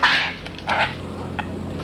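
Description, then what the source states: Yellow-crowned Night Heron calls: a few harsh, raspy squawks over a low steady hum. Sounds less elegant than it looks.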